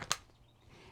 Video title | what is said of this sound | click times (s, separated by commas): How to Properly Fit a Fall Protection Harness (Step-by-Step) | You pull back and you can hear that snap, and then you know you've seated it properly. | 0.1 s